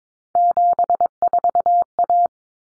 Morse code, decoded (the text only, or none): 74A